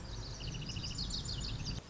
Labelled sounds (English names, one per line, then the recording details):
Lazuli Bunting
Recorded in Sonoma County, California